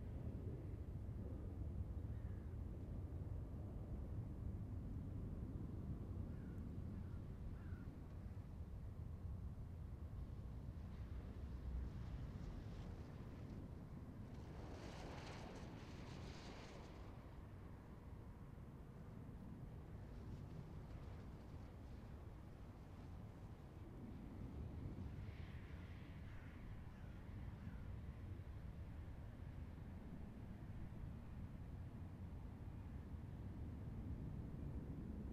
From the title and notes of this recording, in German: September, 13:24 CET. Flughafen Kloten. Im Minutentakt fliegen sie an. Auf die Piste 14.